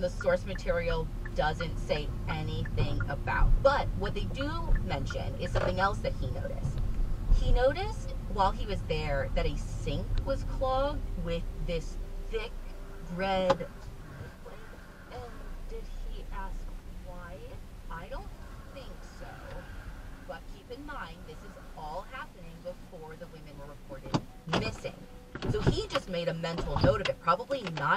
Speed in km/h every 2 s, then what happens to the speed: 11, 11, 11, 13, 11, 10, 0, 0, 0, 0, 0, 0, 0, 0.
0-9 steady at about 11. 9-11 brakes to 0. 11-28 standing.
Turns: 0-5.